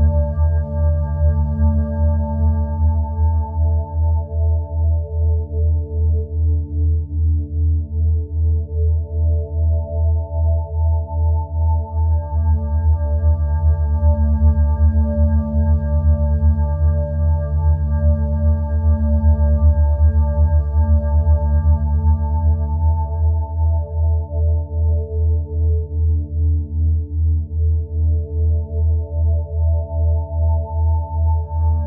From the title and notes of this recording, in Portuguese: Sons Binaurais Para Foco/ Concentração/ Potência Cerebral!